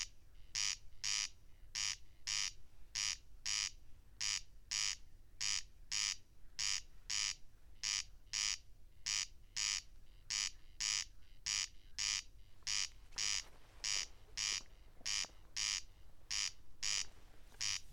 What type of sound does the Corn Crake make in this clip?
song